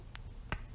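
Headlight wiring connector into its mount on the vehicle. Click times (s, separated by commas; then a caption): 0.1 s, 0.5 s. A headlight wiring connector on a Slingshot with Canadian headlights is pulled into its mount on the vehicle until it snaps into place and locks in. A short, sharp click is heard at 0.2 s, then a louder, fuller snap at 0.5 s, and the connector is seated.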